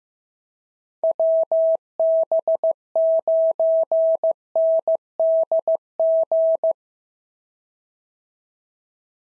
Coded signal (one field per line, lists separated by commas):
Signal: Morse code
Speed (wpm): 14 wpm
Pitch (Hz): 650 Hz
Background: none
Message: WB9NDG